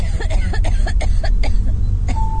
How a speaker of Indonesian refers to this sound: Hingga sayup-sayup ketika itu terdengar suara orang batuk-batuk. Nih ya. Suara orang batuk-batuk itu sepertinya terdengar dari lantai bawah. Batuk seperti orang sakit.